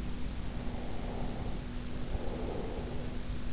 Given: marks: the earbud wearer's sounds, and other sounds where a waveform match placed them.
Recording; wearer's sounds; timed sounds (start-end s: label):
sounds in sleep by an in-ear microphone; breath
0.42-3.27 s: breath